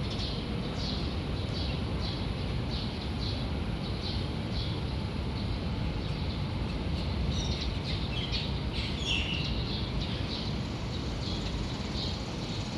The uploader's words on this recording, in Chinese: Urban Soundscapes : Kuala Lumpur (Malaysia) recorded by Yii Kah Hoe。首先是吉隆坡市區華人街。